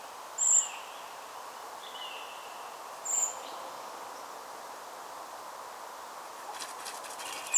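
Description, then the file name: Common blackbird: short, high, thin call notes recurring every few seconds alongside quieter mid-pitched whistles, then a burst of rapid clicking near the end. "Turdus merula"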